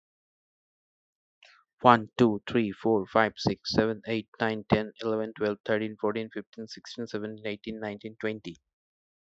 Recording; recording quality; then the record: counting at a fast pace; excellent, no background noise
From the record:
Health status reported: healthy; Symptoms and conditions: none ticked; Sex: male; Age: 31 years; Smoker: not ticked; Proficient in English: yes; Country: India